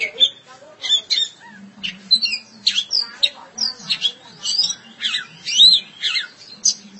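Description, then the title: Oriental magpie-robin song with harsh squawky notes and rapid chattering phrases, mixed with some lower scratchy sounds near the background. "Kacer Durasi Panjang"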